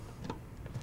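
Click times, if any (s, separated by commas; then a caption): 0.3 s. A 24-pin ATX power cable from the PSU is pushed into the motherboard socket, and its plastic latch catches with a sharp little click at 0.3 s. A softer tick follows at about 0.7 s over a low background hum. The connector is seated.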